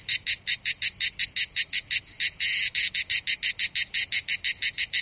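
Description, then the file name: Cicada call: a fast train of harsh, buzzy pulses, with one longer drawn-out buzz midway; otherwise steady and even. Cicadas recorded 3 September 2009 at about 07:33 in the morning. "Enregistrement Cigales"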